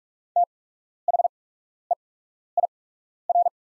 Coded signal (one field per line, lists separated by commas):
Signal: Morse code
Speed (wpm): 44 wpm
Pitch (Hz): 700 Hz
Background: none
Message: THEIR